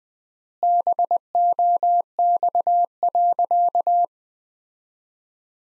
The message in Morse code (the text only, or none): BOX.